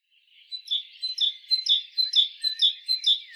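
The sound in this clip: Great tit calls: steady series of sharp, high chirps repeated about twice a second, continuing throughout.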